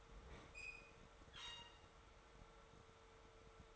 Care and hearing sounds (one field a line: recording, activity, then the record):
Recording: daily activity, microphone in the room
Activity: open fridge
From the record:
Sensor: 3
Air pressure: 1014.9 hPa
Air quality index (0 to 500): 202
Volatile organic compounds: 30 ppm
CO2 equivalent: 2953 ppm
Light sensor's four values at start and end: 25/63/26/28 and 31/77/32/35